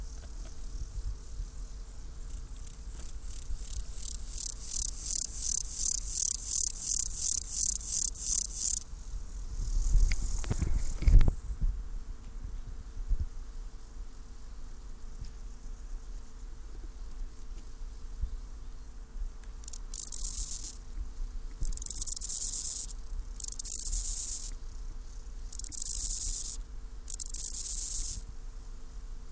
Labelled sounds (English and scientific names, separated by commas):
Steppe Grasshopper (Chorthippus dorsatus) stridulation